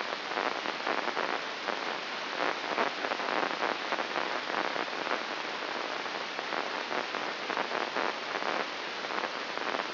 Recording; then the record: brain microelectrode recording played as sound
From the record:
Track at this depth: inside the subthalamic nucleus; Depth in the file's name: 5.001 mm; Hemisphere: right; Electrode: 2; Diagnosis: Parkinson's disease